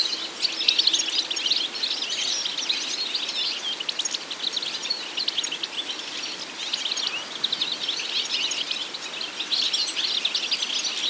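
Goldfinch giving a long, busy twittering song of fast, tinkling, high-pitched notes in uneven bursts.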